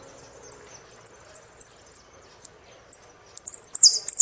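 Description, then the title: Saffron finch song: a series of spaced, thin high chips, building into a fast, loud finish of buzzy, looping notes. "Jilguero Argentino"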